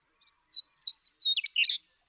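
Western meadowlark song opening with two clear whistled notes, then a fast tumbling run of liquid, bubbling phrases.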